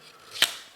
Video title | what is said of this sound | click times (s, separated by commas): Which Knife Is Better? The Original Or The BATTLBOX Version... (Atroposknife Fortel Fisherman) | You can hear the click, which is very nice, very simple. | 0.4 s